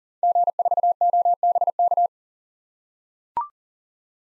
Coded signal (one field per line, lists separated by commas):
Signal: Morse code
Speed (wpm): 38 wpm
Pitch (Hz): 700 Hz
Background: none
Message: G4OBK